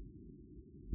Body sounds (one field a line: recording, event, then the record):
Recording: neck accelerometer signal played as sound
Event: no cough (speech, laughter, throat clearing or background)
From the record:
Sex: female